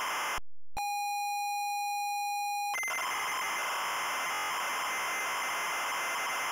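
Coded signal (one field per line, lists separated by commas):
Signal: ZX Spectrum tape loading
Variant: ZX Spectrum 128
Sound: brief silence, a steady buzzy lead tone for two seconds, then harsh screeching data noise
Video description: Loading mini-game, and short gameplay introduce.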